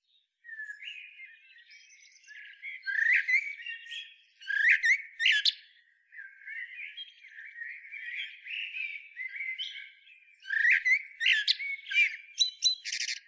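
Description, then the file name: Eurasian blackbird with a run of varied song phrases, low fluted warbles mixed with sharp high chirps and squeaks, coming in bursts every few seconds. "Turdus merula"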